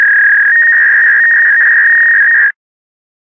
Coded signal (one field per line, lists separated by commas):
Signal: fax machine handshake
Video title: Fax Modem Sound Effect